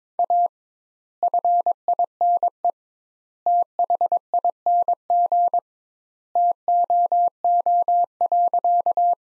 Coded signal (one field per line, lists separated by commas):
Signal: Morse code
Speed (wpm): 22 wpm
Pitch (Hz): 700 Hz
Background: none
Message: A FINE THING TOO.